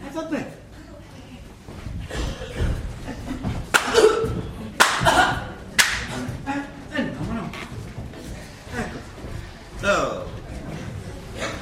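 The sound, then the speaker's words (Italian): Several hard kicks land on a man, three sharp thudding blows in quick succession amid scuffling and murmured voices, then the commotion settles back into low background noise. “E succede adesso, gli date due calci e via!”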